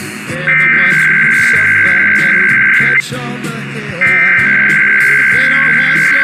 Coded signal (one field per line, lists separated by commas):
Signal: Emergency Alert System (SAME) tones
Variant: header bursts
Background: speech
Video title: EAS #208-213 - Presidents' Day IPAWS Weekly (2/19/24)